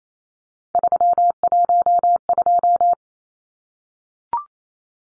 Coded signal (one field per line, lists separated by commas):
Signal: Morse code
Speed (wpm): 28 wpm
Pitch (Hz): 700 Hz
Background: none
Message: 312